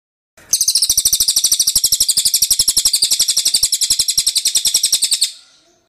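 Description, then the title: Bird trilling rapidly, a long run of many bright, high-pitched chirps at a steady pace for nearly five seconds before cutting off. Birdsong used for training songbirds. "Masteran Burung"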